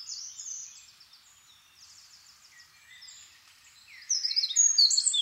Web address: SETE Troglodytes troglodytes